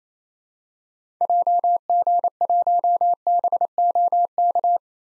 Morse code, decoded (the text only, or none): JG1BOK